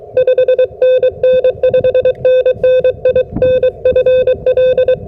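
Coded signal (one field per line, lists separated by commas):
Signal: Morse code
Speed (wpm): 23 wpm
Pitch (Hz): 510 Hz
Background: none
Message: 5NN 5NN IN FL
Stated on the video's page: Full POTA activation using a SOTA POTA 150 antenna.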